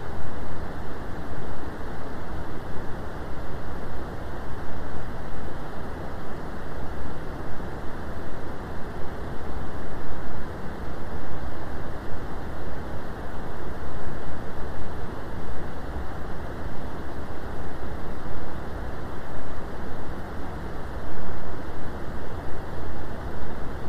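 Brown noise plays as a steady, dense rush, heaviest and deepest in the low end and thinning out toward the top, with a soft muffled quality. It holds an even level for the full stretch, with only slight flutter and no distinct events or other sounds.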